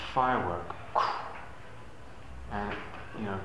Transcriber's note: bursting noise